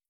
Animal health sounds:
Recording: hydrophone in a shrimp aquaculture tank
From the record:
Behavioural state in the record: stressed

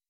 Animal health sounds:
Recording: hydrophone in a shrimp aquaculture tank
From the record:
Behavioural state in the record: weakened

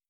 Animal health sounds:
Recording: hydrophone in a shrimp aquaculture tank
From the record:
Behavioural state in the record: starved

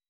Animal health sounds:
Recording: hydrophone in a shrimp aquaculture tank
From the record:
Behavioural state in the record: weakened

